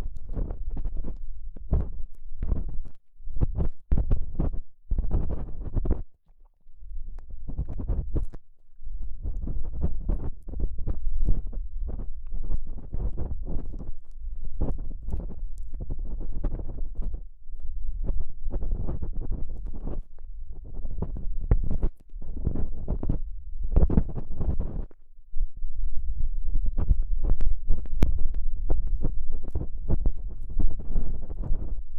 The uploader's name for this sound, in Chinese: 用各种棒棒清理你的耳朵